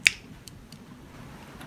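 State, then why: Seated. The plastic back panel of a Takaratomy Masterpiece MP-20 Wheeljack transforming figure is lowered and pressed tight into its clip. A sharp, bright snap at 0.1 s seats it, followed by two much fainter ticks near 0.5 s and 0.7 s over low background hum.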